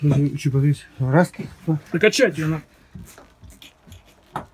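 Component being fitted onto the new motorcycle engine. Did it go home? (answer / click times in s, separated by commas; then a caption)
yes / 4.4 s. Someone talks while a component is pushed home onto its locating features on the new engine during a Honda CBR1000RR motorcycle engine swap, after several failed tries. Quieter handling sounds follow, then a sharp click at 4.4 s as the part seats.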